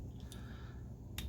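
A plastic arm tab on a Newage H46 Backdraft (Inferno) transforming robot toy is pushed into its body slot during transformation. Faint plastic ticks come at about 0.2 s and 0.3 s, then a sharp, brighter click at 1.2 s as the tab seats in place.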